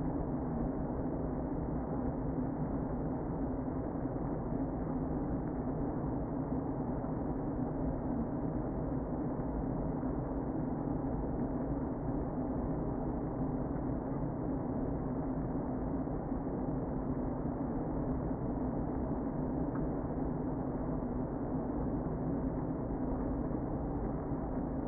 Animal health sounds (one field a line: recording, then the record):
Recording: honeybee colony, microphone inside the hive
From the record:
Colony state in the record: queen present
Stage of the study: before two queens were removed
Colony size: about 60,000 bees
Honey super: yes